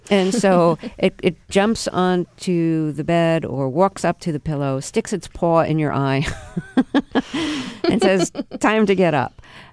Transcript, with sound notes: And so it jumps onto the bed or walks up to the pillow, sticks its paw in your eye (laughter) and says time to get up.